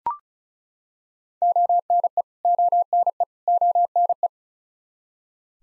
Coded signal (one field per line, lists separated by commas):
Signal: Morse code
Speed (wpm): 36 wpm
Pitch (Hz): 700 Hz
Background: none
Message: ONE ONE ONE